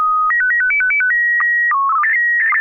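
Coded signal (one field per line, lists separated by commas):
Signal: SSTV (slow-scan television)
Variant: PD 120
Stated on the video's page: SSTV net on an FM repeater at 441.300 MHz, Sacramento, Wednesdays 9 pm Pacific; images sent with MMSSTV.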